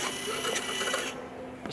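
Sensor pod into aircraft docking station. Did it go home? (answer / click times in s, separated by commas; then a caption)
yes / 1.7 s. A motor winches a towed sensor pod back into a drone aircraft with a steady, drill-like whirring hum. The pod seats into its docking station with a short click at 1.7 s.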